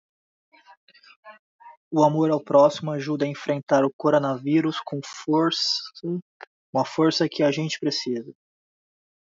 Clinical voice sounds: spoken sentence; Brazilian Portuguese; male; 40 to 49 years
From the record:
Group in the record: control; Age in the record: 41 years

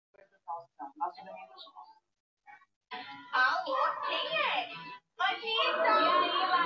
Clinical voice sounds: short text; Brazilian Portuguese; female; 40 to 49 years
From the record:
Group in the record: control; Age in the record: 40 years

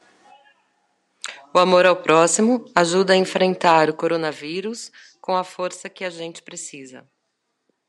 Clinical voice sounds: spoken sentence; Brazilian Portuguese; female; 50 to 59 years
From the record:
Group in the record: control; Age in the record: 55 years

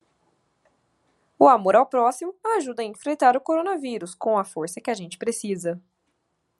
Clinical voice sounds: spoken sentence; Brazilian Portuguese; female; 20 to 29 years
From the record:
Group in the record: control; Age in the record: 26 years

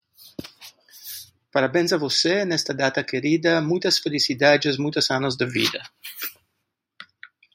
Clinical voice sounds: short text; Brazilian Portuguese; male; 50 to 59 years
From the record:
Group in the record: control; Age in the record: 55 years

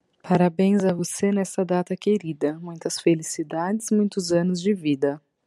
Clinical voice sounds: short text; Brazilian Portuguese; female; 30 to 39 years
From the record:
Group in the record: control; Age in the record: 36 years

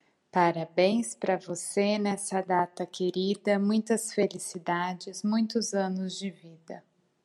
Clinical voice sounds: short text; Brazilian Portuguese; female; 30 to 39 years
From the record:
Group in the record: control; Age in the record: 35 years

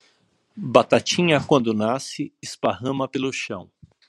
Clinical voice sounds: short text; Brazilian Portuguese; male; 50 to 59 years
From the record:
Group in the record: control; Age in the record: 58 years

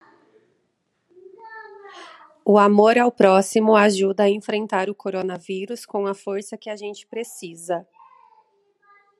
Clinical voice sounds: spoken sentence; Brazilian Portuguese; female; 30 to 39 years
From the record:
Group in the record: control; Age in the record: 37 years

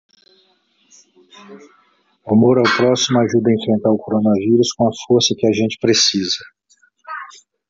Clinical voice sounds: spoken sentence; Brazilian Portuguese; male; 50 to 59 years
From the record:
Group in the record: control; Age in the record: 55 years

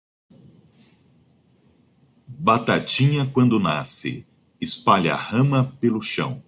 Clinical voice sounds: short text; Brazilian Portuguese; male; 40 to 49 years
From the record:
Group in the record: control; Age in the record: 47 years

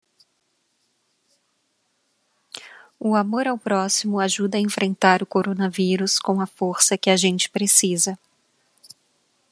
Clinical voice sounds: spoken sentence; Brazilian Portuguese; female; 30 to 39 years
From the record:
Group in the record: control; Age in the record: 35 years

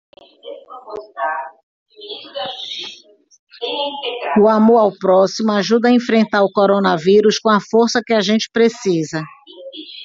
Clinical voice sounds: spoken sentence; Brazilian Portuguese; female; 60 to 69 years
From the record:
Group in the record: control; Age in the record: 61 years

